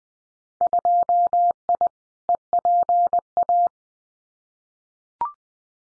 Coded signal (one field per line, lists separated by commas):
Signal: Morse code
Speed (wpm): 20 wpm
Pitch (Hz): 700 Hz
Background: none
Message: 2I EPA